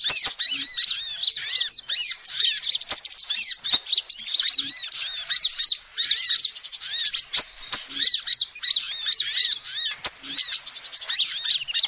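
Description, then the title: Lovebird chatter, shrill, fast twittering with rapid squeaky trills that run almost nonstop, punctuated by occasional clicks. Calls used as a lure (pikat) to trap birds. "PIKAT BURUNG LOVEBIRD"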